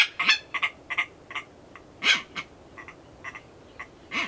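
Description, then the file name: Red-billed tropicbird giving harsh, rasping screeched calls in short irregular bursts, some doubled, with gaps between. "phaethon aethereus"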